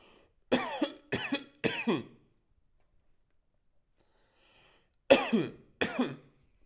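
Five harsh cough bursts from an adult: a quick run of three, a pause, then two more.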